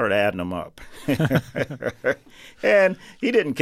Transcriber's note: soundbite of laughter